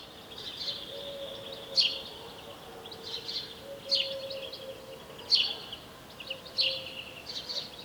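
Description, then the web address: House sparrow chirps, four short harsh notes spaced one to two seconds apart, over faint background sound. "SETE Passer domesticus"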